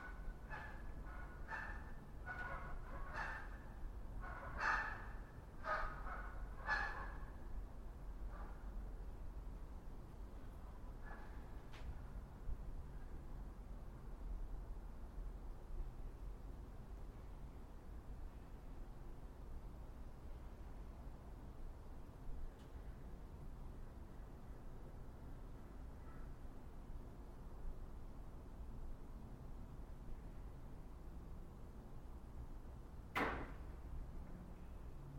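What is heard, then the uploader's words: Inside a mausoleum, a steady low hum and rumble fills the space. In the first seven seconds a quick run of sharp, echoing taps sounds, like footsteps on stone, with a couple more near twelve seconds. One loud sharp knock rings out near thirty-three seconds. Mausoleum - Piedmont, CA. Zoom H6 XY Stereo Mic Capsule. Unbranded Mini Mic Stand. Magnetic Microphone Mounts.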